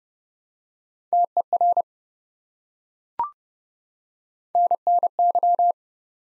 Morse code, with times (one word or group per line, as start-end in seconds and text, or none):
1.1-1.8 TER
4.5-5.7 NNY